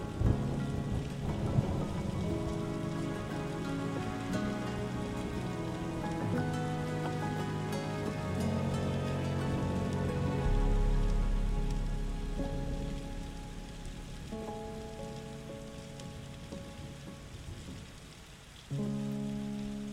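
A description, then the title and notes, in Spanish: Soft, steady rain patters throughout, a dense fine hiss across the whole clip, with a low rumble of thunder swelling around the middle. Calm sustained music plays underneath, slow held chords shifting every few seconds, with a fresh chord entering near the end. Este episodio presenta sonidos calmantes de una tormenta y lluvia suave, acompañados de una música serena para una noche de sueño tranquilo.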